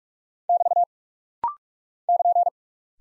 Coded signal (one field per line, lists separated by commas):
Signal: Morse code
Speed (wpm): 46 wpm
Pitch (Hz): 700 Hz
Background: none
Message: <BT> <KN>